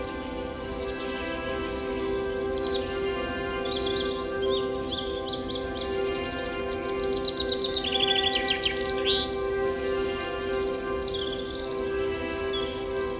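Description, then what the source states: Birds chirping and whistling, with varied high notes, trills and sweeping slurs scattered throughout, above a constant layered humming drone. Forest setting with birds chirping.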